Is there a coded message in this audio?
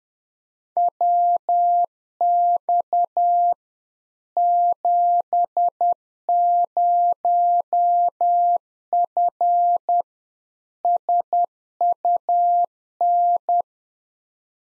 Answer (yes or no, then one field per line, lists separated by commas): yes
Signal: Morse code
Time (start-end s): 0.8-13.6 s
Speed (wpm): 10 wpm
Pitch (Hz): 700 Hz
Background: none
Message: WX 70F SUN